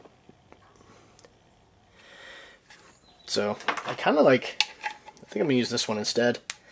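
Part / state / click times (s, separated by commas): belt loop attachment into knife sheath / not seated / none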